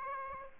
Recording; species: mosquito wingbeat signal from an infrared sensor; Aedes aegypti